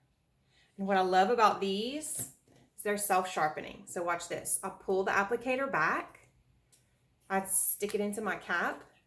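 A self-sharpening, retractable lip liner pencil is handled: its applicator is pulled back and it is pushed into its sharpener cap while someone talks. Nothing has clicked or seated yet in the cap by the end of the clip.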